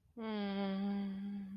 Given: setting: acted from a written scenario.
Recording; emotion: vocal sound without words; sadness